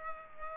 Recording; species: mosquito wingbeat signal from an infrared sensor; Culex pipiens